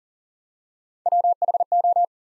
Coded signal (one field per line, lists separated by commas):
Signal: Morse code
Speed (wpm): 37 wpm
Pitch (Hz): 700 Hz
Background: none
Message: WHO